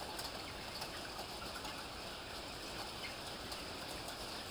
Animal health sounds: poultry house recording; healthy chickens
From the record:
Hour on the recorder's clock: 14

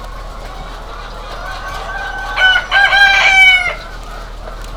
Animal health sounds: poultry house recording; healthy chickens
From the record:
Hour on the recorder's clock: 23

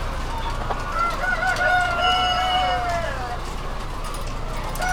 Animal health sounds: poultry house recording; healthy chickens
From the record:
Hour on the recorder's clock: 21

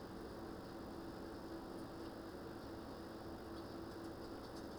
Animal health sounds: poultry house recording; no chicken sound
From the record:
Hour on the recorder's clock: 20

